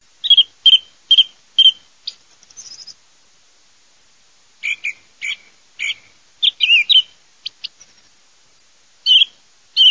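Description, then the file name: Thrush singing: short, bright, high phrases, several repeated in quick succession, separated by brief pauses. "TORDOAGO"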